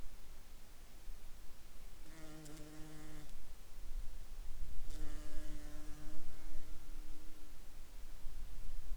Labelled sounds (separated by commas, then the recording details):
insects
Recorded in the Prudhoe Bay oil fields, Alaska, on 28 July 2019 at 15:08
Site 21